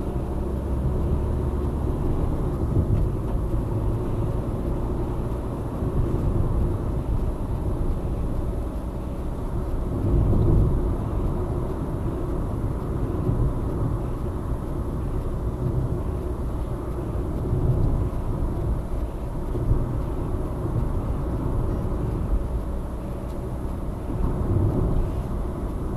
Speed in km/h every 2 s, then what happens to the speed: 54, 56, 60, 64, 67, 68, 68, 67, 66, 66, 65, 69, 69.
0-9 speeds up to 68. 9-26 steady at about 67.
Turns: none.